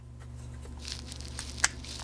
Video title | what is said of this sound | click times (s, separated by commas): CMR 30 Fifty Grain Federal ammo | we go till it clicks now you can take your polymer part your receiver and go | 1.6 s